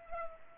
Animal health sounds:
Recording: mosquito wingbeat signal from an infrared sensor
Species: Culex pipiens

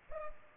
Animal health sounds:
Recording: mosquito wingbeat signal from an infrared sensor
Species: Culex pipiens

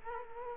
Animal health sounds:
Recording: mosquito wingbeat signal from an infrared sensor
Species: Culex quinquefasciatus

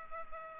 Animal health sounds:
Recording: mosquito wingbeat signal from an infrared sensor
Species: Culex pipiens

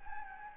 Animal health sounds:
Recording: mosquito wingbeat signal from an infrared sensor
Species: Anopheles gambiae

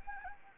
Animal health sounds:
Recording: mosquito wingbeat signal from an infrared sensor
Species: Anopheles arabiensis

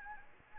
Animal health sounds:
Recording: mosquito wingbeat signal from an infrared sensor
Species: Anopheles arabiensis

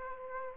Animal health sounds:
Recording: mosquito wingbeat signal from an infrared sensor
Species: Aedes aegypti

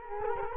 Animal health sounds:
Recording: mosquito wingbeat signal from an infrared sensor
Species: Culex quinquefasciatus

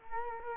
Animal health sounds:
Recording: mosquito wingbeat signal from an infrared sensor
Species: Culex quinquefasciatus

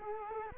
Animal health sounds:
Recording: mosquito wingbeat signal from an infrared sensor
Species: Culex quinquefasciatus

